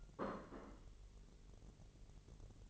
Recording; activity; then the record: daily activity, microphone in the room; place plate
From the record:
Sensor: 4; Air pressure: 1002.9 hPa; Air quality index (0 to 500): 248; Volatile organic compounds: 20 ppm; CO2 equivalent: 2686 ppm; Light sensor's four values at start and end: 5/12/4/5 and 5/12/4/5